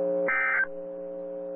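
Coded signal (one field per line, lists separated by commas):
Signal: Emergency Alert System (SAME) tones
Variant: end-of-message bursts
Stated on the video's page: Tornado warnings received on NOAA Weather Radio.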